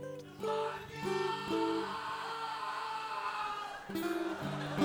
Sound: idiot screams out